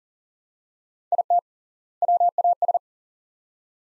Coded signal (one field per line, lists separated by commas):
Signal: Morse code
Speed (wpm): 40 wpm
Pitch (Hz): 700 Hz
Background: none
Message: IT WAS